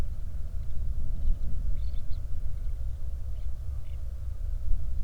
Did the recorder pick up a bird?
yes